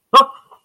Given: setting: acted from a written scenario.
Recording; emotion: vocal sound without words; fear